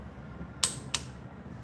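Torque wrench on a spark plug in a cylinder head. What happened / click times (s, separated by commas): The torque wrench clicked, signalling set torque was reached / 0.6 s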